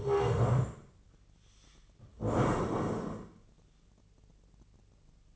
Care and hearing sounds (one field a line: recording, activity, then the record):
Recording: daily activity, microphone in the room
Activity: stand up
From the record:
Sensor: 4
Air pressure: 1013.0 hPa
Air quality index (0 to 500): 167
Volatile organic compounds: 2 ppm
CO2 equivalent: 1060 ppm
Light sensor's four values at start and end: 51/126/53/57 and 50/124/52/56